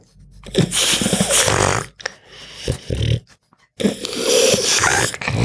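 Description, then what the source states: Pug giving harsh, raspy snorting breaths in long noisy bursts, broken by a brief silence midway, with low grunting undertones. Grunts, breaths and snarls.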